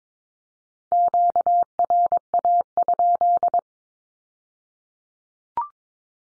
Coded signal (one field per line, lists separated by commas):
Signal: Morse code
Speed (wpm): 22 wpm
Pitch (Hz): 700 Hz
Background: none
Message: QRA?